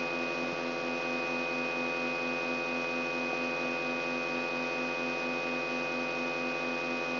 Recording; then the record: brain microelectrode recording played as sound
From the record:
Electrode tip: outside the subthalamic nucleus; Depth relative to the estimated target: -8 mm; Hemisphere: right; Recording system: AlphaMap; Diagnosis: Parkinson's disease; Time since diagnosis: 9 years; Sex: female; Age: 46 years